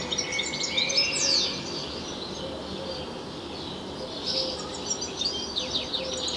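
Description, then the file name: European goldfinch song in two bursts of chirpy, buzzy twittering, a quieter gap between them, and a faint low hum throughout. "Carduelis carduelis"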